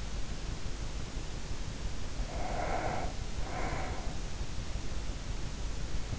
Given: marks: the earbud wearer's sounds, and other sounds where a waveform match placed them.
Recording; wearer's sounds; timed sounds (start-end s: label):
sounds in sleep by an in-ear microphone; breath
2.01-4.61 s: breath